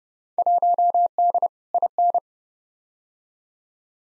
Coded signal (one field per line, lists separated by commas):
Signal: Morse code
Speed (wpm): 31 wpm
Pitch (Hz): 700 Hz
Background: none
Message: 1D IN